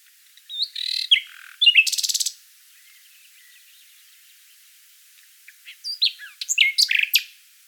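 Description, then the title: Common nightingale singing two phrases of varied whistles and a short buzzy trill, separated by a pause of about three seconds. "Sylvain Jaskowiak - Mes piafs. Rossignol Philomèle"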